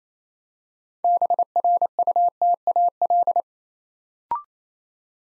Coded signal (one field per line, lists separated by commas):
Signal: Morse code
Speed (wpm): 29 wpm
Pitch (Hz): 700 Hz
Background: none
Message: BRUTAL